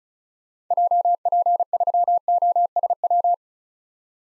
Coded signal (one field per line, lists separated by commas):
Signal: Morse code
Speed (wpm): 36 wpm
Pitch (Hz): 700 Hz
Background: none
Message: JP3OSW